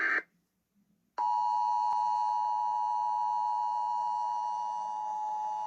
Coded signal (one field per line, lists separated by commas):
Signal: Emergency Alert System (SAME) tones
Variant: 853 and 960 Hz attention tone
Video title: EAS#2 Severe Thunderstorm Warning